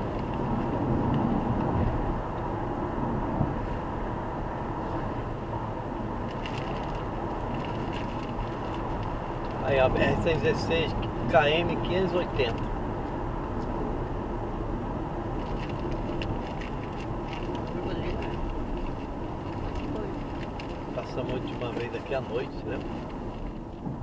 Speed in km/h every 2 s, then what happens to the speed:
97, 95, 98, 99, 100, 98, 91, 85, 79, 72, 69, 65.
0-9 steady at about 98. 9-24 slows to 65.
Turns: none.